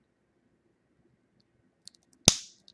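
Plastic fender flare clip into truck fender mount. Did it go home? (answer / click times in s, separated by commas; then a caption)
yes / 2.3 s. A plastic fender flare on a 1998–2000 Nissan Frontier 4x4 is pushed up against the truck's fender until its clip snaps into the fender mount. A few faint ticks lead up to one sharp, loud click at 2.3 seconds that rings out briefly, followed by a small tap. The clip is seated and holds firmly enough that the flare can't be pulled apart.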